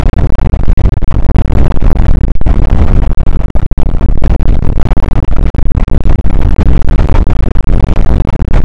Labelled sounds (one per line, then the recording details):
wind
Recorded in the Prudhoe Bay oil fields, Alaska, on 8 May 2019 at 00:03
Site 24